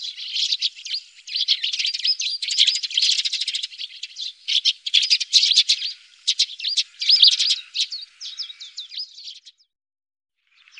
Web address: Faglar Sound Pilfink